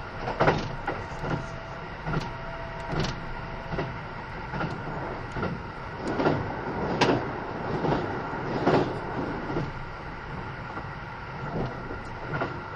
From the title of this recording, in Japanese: 近鉄80000系 (10番台日立製)ひのとり3113レ 01/01:近鉄名古屋～五十鈴川